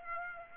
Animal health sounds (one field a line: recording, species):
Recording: mosquito wingbeat signal from an infrared sensor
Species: Aedes aegypti